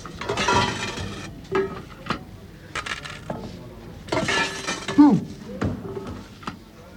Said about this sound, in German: Einer nach dem anderen treten die Männer dann vor die Glasbox, reichen den Lohnzettel hinein. Die Kassierer werfen Scheine und Münzen auf den Blechteller. Die Arbeiter nehmen das Geld heraus, legen den Teller wieder ab, gehen weg.